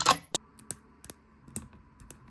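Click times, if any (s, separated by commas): 0.3 s, 1.6 s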